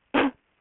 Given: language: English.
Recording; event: throat vibration sensor signal played as sound; cough